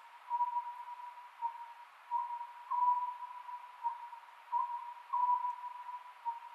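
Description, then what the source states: Oriental scops owl: even, whistled notes in quick clusters, phrases recurring about every two and a half seconds over constant hiss. Recorded 27 May 2010 at 22:21.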